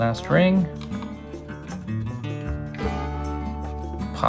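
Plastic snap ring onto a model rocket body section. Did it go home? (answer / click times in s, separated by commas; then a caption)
yes / 4.3 s. Someone talks over background music while the last 3D-printed plastic snap ring is pushed onto a model rocket body section. A sharp, short snap at 4.3 s marks the ring popping into place, seated.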